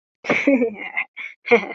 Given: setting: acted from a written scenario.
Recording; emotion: vocal sound without words; sympathy